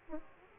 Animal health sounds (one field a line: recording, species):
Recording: mosquito wingbeat signal from an infrared sensor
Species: Aedes aegypti